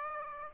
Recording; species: mosquito wingbeat signal from an infrared sensor; Aedes aegypti